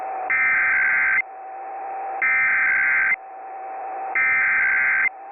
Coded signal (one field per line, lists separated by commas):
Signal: Emergency Alert System (SAME) tones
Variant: header bursts